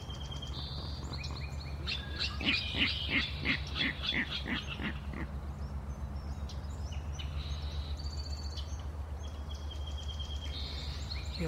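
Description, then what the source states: Virginia Rail giving a rapid series of harsh, clicking kadik notes over a steady low hum, with thin whistles from other birds. Kadik calls greeting the morning around 7:30 in a marsh soundscape, broadcast live on Earth Day.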